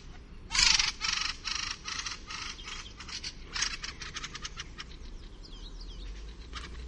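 Fieldfare uttering rough chack notes in a rapid series, loudest at first and then tailing into quieter scattered chatter.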